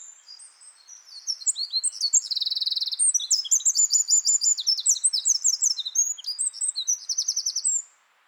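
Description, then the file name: Eurasian wren singing a long, rapid, high-pitched outpouring of sharp notes and rattling trills, ending abruptly. "Troglodytes troglodytes"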